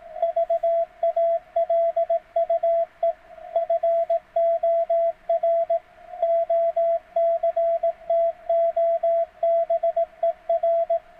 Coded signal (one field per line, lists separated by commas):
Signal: Morse code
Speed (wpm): 18 wpm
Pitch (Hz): 660 Hz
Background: radio noise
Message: VALUE FOR OCTOBER